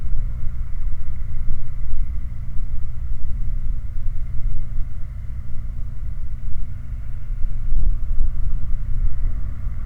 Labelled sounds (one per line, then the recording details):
machinery
flare stack
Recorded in the Prudhoe Bay oil fields, Alaska, on 8 July 2019 at 01:29
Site 29